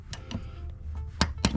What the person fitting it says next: There we go, and just slide that one out. So that one's pretty straightforward. Just got a little click in that one.